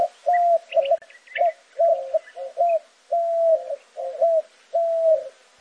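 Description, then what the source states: White-winged dove cooing: low, hollow hooted notes in a rhythmic phrase of short and drawn-out coos, with a few faint higher chirps from another bird early on. Male cooing from atop a saguaro cactus in the morning, southern Arizona.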